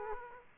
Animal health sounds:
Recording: mosquito wingbeat signal from an infrared sensor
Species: Aedes aegypti

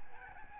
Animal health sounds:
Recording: mosquito wingbeat signal from an infrared sensor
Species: Aedes albopictus

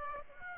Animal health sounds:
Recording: mosquito wingbeat signal from an infrared sensor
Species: Aedes aegypti

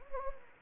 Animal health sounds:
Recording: mosquito wingbeat signal from an infrared sensor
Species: Anopheles gambiae

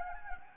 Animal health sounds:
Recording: mosquito wingbeat signal from an infrared sensor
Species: Anopheles gambiae

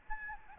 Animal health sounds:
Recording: mosquito wingbeat signal from an infrared sensor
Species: Aedes albopictus

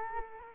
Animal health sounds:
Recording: mosquito wingbeat signal from an infrared sensor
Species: Culex quinquefasciatus

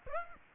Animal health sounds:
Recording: mosquito wingbeat signal from an infrared sensor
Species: Aedes aegypti

